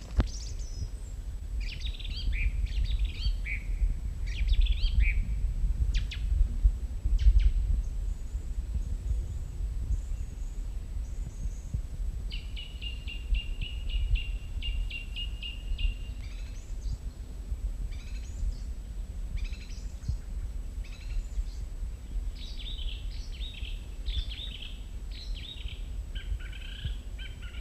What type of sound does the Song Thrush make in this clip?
song